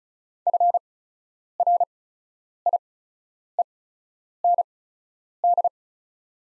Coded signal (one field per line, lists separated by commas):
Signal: Morse code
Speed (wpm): 34 wpm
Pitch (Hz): 700 Hz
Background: none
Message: FRIEND